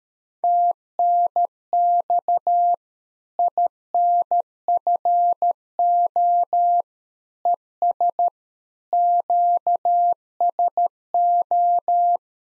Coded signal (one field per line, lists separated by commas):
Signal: Morse code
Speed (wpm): 13 wpm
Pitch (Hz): 700 Hz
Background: none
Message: TNX INFO ES QSO